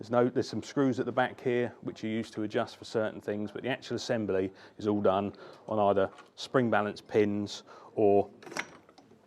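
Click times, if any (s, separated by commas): none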